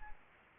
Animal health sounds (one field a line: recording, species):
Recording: mosquito wingbeat signal from an infrared sensor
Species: Aedes aegypti